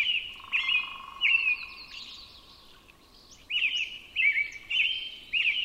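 Robin singing short, clear whistled phrases that slur up and down, in quick runs with a pause midway, with a faint steady tone in the first half and light background noise.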